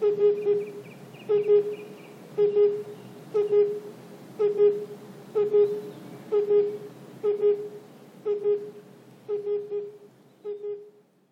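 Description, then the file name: Oriental cuckoo giving hollow, low hoots repeated about once per second, eleven in a steady series. Okutama, 10 June 2021. "tsutsudori 210610 okutama"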